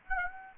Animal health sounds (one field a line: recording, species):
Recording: mosquito wingbeat signal from an infrared sensor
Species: Aedes aegypti